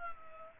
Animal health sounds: mosquito wingbeat signal from an infrared sensor; Culex pipiens

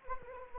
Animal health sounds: mosquito wingbeat signal from an infrared sensor; Anopheles arabiensis

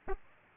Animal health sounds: mosquito wingbeat signal from an infrared sensor; Aedes aegypti

